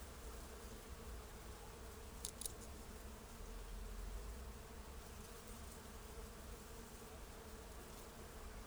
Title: Isny im Allgäu: Hunderte von Bienen im Efeu einer Garagenbegrünung